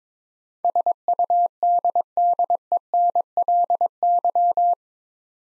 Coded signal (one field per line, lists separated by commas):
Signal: Morse code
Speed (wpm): 22 wpm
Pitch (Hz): 700 Hz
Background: none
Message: SUDDENLY